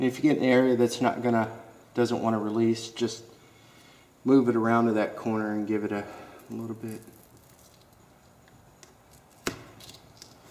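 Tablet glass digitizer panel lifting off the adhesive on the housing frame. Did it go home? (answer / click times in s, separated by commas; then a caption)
released / 8.8 s, 9.5 s, 10.2 s. Someone talks while the glass digitizer panel of an iPad 2 is pried up from the tablet's housing frame around a corner. It pops free of its adhesive with sharp popping sounds at 8.8, 9.5 and 10.2 seconds, and the panel releases.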